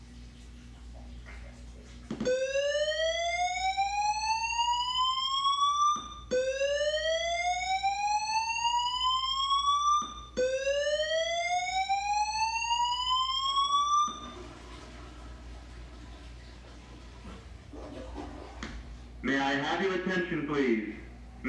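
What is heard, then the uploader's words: A fire alarm sounds three rising whoops, each sweeping upward for about four seconds, loud, from roughly the two-second mark to fourteen seconds. Afterward the siren stops, leaving low hum and a man's voice speaking briefly near the end. Sounds of Philadelphia, including a fire alarm, love park, and from bicycling around Philly.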